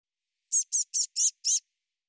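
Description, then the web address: Eurasian blue tit calling a brisk run of five high, clipped notes, evenly spaced and of similar loudness, with nothing else audible. "cianscape birddata Deverinetal 2025 File cleaned normalized Bird Cy Ca"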